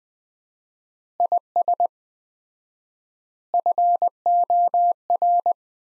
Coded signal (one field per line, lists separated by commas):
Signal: Morse code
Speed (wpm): 20 wpm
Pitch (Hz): 700 Hz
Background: none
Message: IS FOR